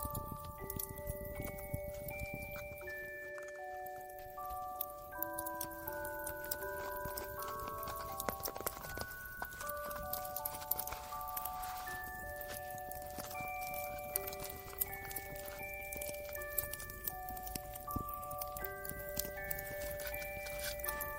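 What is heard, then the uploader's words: A music box plays a slow melody of bright, ringing notes that overlap and linger, moving through a mid-to-high range for the whole clip. A steady rattle of dense clicking runs underneath throughout, briefly thinning just after three seconds. Santa's cozy workshop ASMR ambience. Christmas music/ music box. Crackling fireplace. Relaxing music box.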